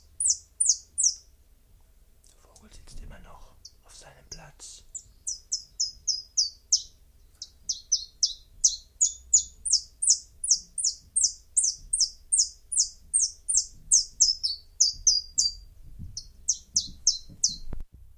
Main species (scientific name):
Phylloscopus collybita